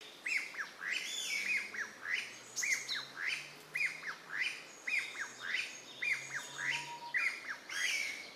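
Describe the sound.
Chinese bamboo partridge calling: loud, harsh, ringing notes with downward hooks, repeated steadily throughout, over a faint low hum.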